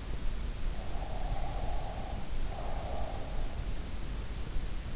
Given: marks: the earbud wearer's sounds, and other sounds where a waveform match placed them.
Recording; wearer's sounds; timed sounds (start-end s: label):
sounds in sleep by an in-ear microphone; breath
0.98-3.44 s: breath